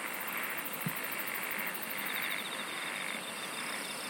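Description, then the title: Insects singing, a very high pulsed trill at first, then a lower pulsed trill, with one brief click amid steady hiss. "SINGING OF INSECTS"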